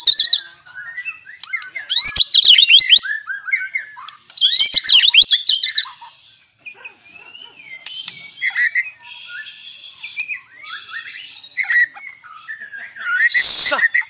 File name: Suara Jernih murai aceh gacor speed rapat